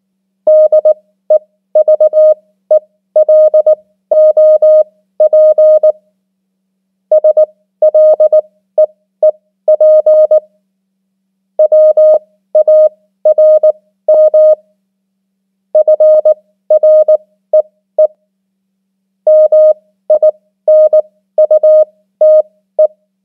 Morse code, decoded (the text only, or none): DEVELOP SLEEP WARM FREE MINUTE